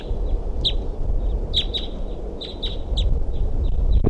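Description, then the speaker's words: Crossbill calls, short sharp chip notes repeated irregularly over about four seconds, with low rumbling background noise. Wild female at 4:55 p.m. returned to caged bird 327, perched about two feet away, flew to a tree and called as another wild crossbill arrived. "She's calling, and there's another wild crossbill coming in."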